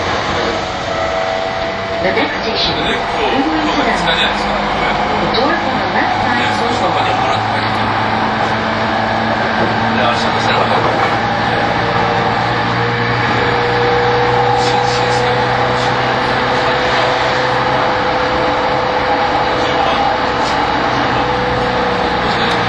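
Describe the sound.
A Yamanote Line E231 train rolls along with a steady low rumble and droning hum, faint voices and light clatter mixed through.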